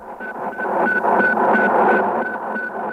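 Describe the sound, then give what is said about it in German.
A steady series of short, high-pitched radio beeps repeats at a quick, even pace over a thick bed of hissing, crackling static: the radio signal of Sputnik, the first Soviet artificial Earth satellite, as received by radio amateurs around the world. “Das Geheimnis dieser Piepstöne, die Funkamateure in aller Welt empfangen hatten, war damit gelöst.”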